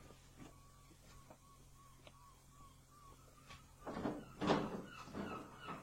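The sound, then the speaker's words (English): A few faint, widely spaced knocks at a door in the late evening over a low steady hum, followed by a louder burst of clattering and scraping as the door is opened. No voices. “Late evening brought another knock at the door.”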